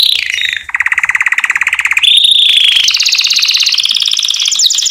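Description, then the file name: Canary song of continuous rapid rolls, each trill stepping to a new pitch, dropping to a low rattling roll, then a steady whistle, then up to higher, faster buzzy tours. Song intended for training young canaries. "Chant Canari Super Pour l'écolage des jeunes"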